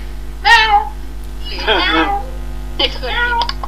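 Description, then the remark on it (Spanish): A cat meows three times in a row, the first short and rising, the middle one longer and wavering, the last drawn out, with a steady low electrical hum underneath. “Jorge excita a mi gato.”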